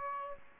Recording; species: mosquito wingbeat signal from an infrared sensor; Aedes aegypti